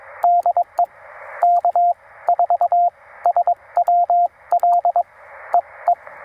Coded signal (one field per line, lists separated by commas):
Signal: Morse code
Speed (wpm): 21 wpm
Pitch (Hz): 690 Hz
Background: radio noise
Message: DE K4SWL E E